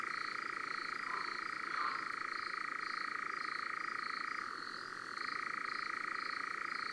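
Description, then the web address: European nightjar churring song, a continuous mechanical trill that drops lower for under a second midway, with a steady pulsing note above throughout. Recorded in June. "Juin LEngoulevent deurope. album les-4-saisons-des-chants-doiseaux"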